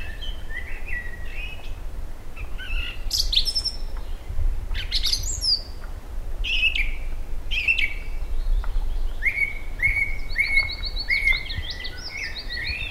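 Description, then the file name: Eurasian blackbird song: clear whistled notes mixed with squeaky high twitters, ending in a run of repeated short fluty notes, over a steady low rumble. "Koltrast"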